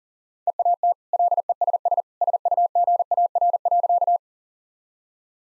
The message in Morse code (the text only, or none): EAT LESS SUGAR.